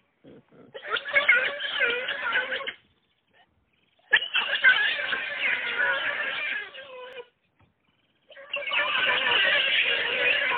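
Giant otter calls: three long, harsh squealing screams separated by brief silences, the last cut off at the end.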